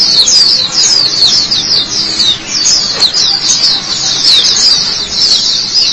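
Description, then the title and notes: White-eye delivering a fast, high warbling twitter of sliding notes in a nonstop chattering flow. White-eye chirping song. "Kicauan Burung Pleci Durasi Panjang. Suara kicauan burung pleci"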